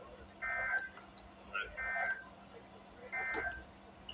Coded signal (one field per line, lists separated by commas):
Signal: Emergency Alert System (SAME) tones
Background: speech